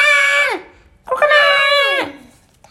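Chicken: rooster crowing twice, loud harmonic calls, the first short and falling at the end, the second longer and held before dropping away.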